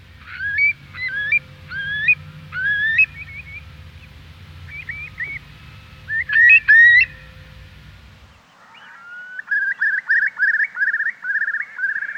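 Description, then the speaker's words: Eurasian curlew song: several clear whistled phrases over a low hum, then a rapid bubbling series of repeated notes. Song described as lyrical, bubbling, yearning and full of pathos. "So the Eurasian curlew has this lyrical, bubbling song."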